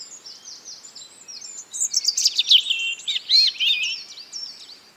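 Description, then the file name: European robin singing a dense, tumbling phrase of high twittering notes, squeaky slurs and quick trills, rising in loudness midway, then tailing off. "Erithacus rubecula"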